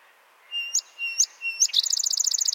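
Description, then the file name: Song sparrow song: three clear whistled introductory notes, each ending in a sharp click, leading into a fast, bright, rattling trill. "Melospiza melodia - Song Sparrow"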